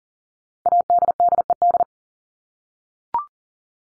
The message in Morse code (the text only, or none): ADDED